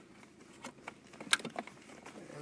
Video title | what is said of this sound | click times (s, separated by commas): Yatour Digital Music Changer - Installation 2004 Acura TSX | so now that that's clicked in it's plugged in into the port | 1.3 s